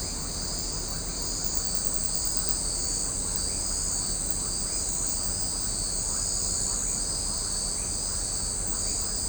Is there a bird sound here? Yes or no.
no